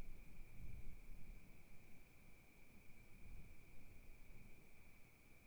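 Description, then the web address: Crickets in a continuous, even, high trill that never pauses, with soft gusting wind rumbling underneath. Recorded at night at Kiger Lookout, Oregon, in 2015, with gentle wind gusts. "Discover Oregon - Wilderness Crickets Crickets 2015 Kiger Lookout Night Crickets Gusts Gentle"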